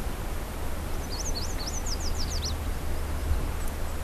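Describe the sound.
Arctic ground squirrel call: a rapid run of about eight high, zigzagging chirps over roughly a second and a half, set against steady wind-like rumble.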